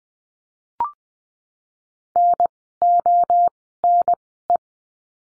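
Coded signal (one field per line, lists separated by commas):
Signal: Morse code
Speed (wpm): 20 wpm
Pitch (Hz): 700 Hz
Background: none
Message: N O N E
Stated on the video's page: Morse code course lesson drilling words with the letter I, at Farnsworth speed of 20/10 wpm.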